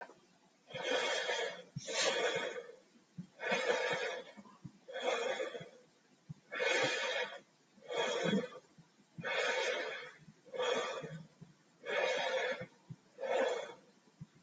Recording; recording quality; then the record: deep breathing; excellent, no background noise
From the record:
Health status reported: healthy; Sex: male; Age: 30 years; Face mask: not worn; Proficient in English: yes